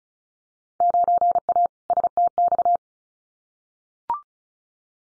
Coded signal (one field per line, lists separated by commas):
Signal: Morse code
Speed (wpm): 36 wpm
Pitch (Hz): 700 Hz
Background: none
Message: 9A STX